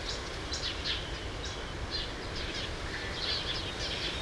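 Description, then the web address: True sparrows chirp in short, crowded bursts of high notes over low rumbling noise. "True sparrows. دانلود-صدای-پرنده-راستین"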